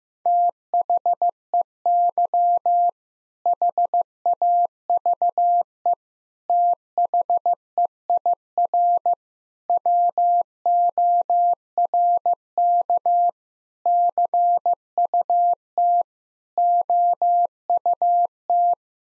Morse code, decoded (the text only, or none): THEY HAVE THEIR WORK CUT OUT